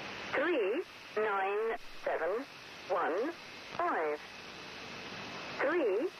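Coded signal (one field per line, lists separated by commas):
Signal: numbers station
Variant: Lincolnshire Poacher, English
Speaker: the beginning of a transmission from a now defunct number station known as the lincolnshire poacher so called because the call sign uses the melody from an old english folk song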